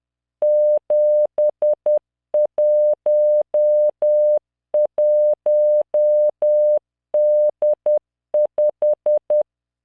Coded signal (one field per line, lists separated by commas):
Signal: Morse code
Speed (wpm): 10 wpm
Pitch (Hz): 600 Hz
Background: none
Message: 711D5